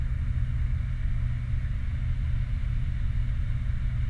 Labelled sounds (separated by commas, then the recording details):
vehicle
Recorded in the Prudhoe Bay oil fields, Alaska, on 29 July 2019 at 00:56
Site 29